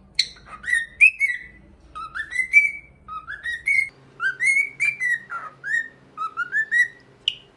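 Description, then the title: Cockatiel whistling a tune of clear rising whistles in repeated phrases, over a faint low hum that stops partway. Song for training a pet cockatiel. "Canto De 1 Hora Para Treinar Calopsita"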